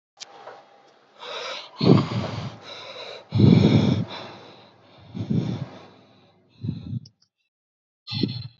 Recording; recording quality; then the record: deep breathing; excellent, no background noise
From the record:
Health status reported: recovered from COVID-19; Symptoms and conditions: fever, muscle pain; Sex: male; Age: 28 years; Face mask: worn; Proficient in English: yes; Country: India